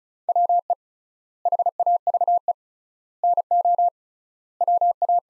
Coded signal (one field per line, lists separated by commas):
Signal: Morse code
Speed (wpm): 34 wpm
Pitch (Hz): 700 Hz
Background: none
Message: WE HAVE NO WA